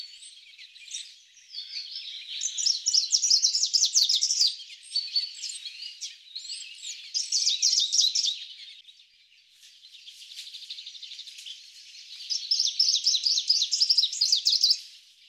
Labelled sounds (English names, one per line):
Greenish Warbler song